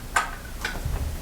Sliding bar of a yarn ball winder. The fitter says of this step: a pull until it clicks there's a slight click okay